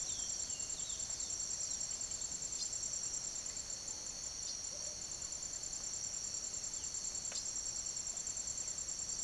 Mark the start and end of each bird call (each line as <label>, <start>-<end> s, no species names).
bird call, 0.00-1.85 s
bird call, 2.56-2.70 s
bird call, 4.39-5.07 s
bird call, 7.18-7.50 s